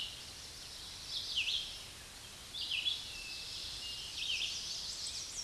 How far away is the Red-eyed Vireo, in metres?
about 35 m